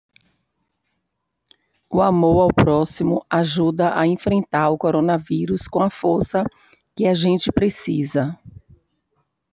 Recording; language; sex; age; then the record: spoken sentence; Brazilian Portuguese; female; 50 to 59 years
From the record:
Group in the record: control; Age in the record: 57 years